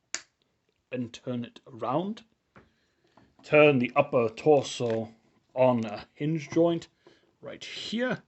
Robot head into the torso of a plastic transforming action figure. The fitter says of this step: bring the head up of megatron and it will click into place